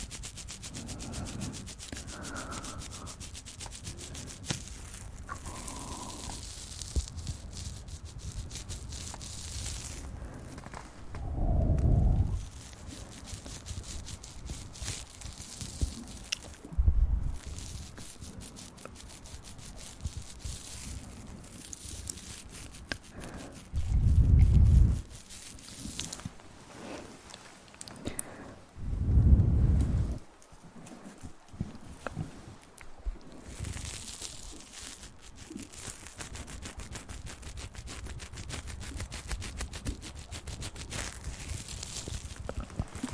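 Ear massage sounds: dense, continuous rubbing and crackling against a microphone, with a steady rough hiss throughout. Louder, thick bursts of rustling rise at about 12, 24 and 29 seconds, with a shorter one near 17 seconds, between stretches of fine scratchy texture.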